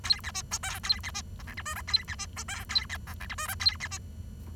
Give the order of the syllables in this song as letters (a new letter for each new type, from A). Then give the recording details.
A B C D E A B C F G H I J A B C D E A B F G H I J A B C. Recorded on 23 June 2012 at 07:54. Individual gr41rd51